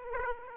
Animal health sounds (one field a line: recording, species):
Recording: mosquito wingbeat signal from an infrared sensor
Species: Aedes aegypti